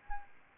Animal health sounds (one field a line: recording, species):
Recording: mosquito wingbeat signal from an infrared sensor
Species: Anopheles arabiensis